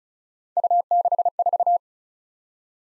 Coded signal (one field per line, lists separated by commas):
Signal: Morse code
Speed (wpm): 35 wpm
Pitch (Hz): 700 Hz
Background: none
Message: U64